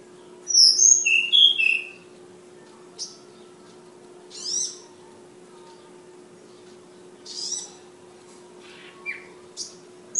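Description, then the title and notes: Flowerpecker song: a cluster of high whistled notes at the start, followed by scattered brief high buzzy bursts over several seconds, with a steady low hum throughout. Bird named Ababil, from Kudus. "Tledekan/Sulingan ABABIL. Suara Burung Tledekan Ababil dari Kudus"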